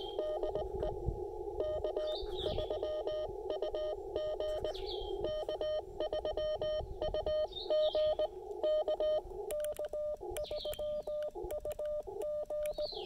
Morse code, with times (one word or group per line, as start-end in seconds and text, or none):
0.2-0.9 DE
1.6-4.7 K3UG
5.2-8.3 K3UG
8.6-9.2 K
9.5-12.9 K3UG